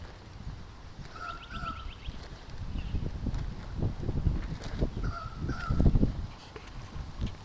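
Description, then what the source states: Bird calls in short harsh pairs twice, the first joined by a quick higher chattering series, against a continuous low rushing background. Recorded by a stream.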